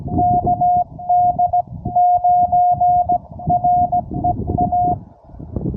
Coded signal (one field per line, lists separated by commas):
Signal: Morse code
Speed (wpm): 17 wpm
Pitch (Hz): 690 Hz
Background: none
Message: KD9REA